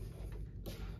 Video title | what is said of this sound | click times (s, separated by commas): Introduction to the Lee APP press | and locks in place now when you lower the ram you | 0.7 s